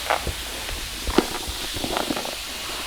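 A wooden bagpipe stock is pushed through the collar of a Bannatyne pipe bag with a gradual movement, giving soft rustling and low thumps. A short, sharp click at 1.2 s marks the stock seating into the bag collar.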